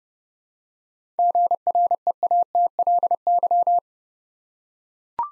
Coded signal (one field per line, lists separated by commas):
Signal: Morse code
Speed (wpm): 29 wpm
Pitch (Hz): 700 Hz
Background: none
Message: GREATLY